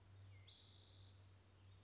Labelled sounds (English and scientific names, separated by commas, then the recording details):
Spotted Towhee (Pipilo maculatus)
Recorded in Sonoma County, California